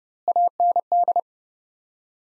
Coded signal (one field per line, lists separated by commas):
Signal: Morse code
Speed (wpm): 30 wpm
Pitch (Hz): 700 Hz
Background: none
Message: AND